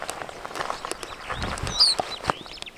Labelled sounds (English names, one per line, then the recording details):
Superb Starling flight call
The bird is a male
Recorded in Kenya on 2 June 2010
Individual 62, of group MRCV